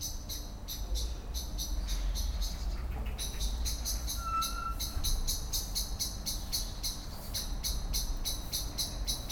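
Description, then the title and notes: Common blackbird alarm chinks repeated rapidly, pausing briefly after the first few seconds, with a short high whistle-like tone and a steady low urban hum. Excited scolding while flying from tree to tree; Lütticher Straße, Cologne; morning; cyclists and pedestrians on the pavement in the background; nearfield recording. "cologne, lütticherstrasse, amsel. amsel aufgeregt schimpfend fliegt von baum zu baum, im hintergrund fahrradfahrer und fussgänger auf dem bürgersteig, morgens. soundmap nrw"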